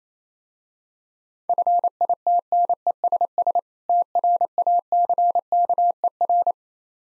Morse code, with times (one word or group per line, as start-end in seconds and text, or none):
1.5-3.6 FITNESS
3.9-6.5 TRACKER